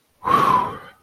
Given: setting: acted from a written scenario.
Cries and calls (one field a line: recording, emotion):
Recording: vocal sound without words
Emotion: relief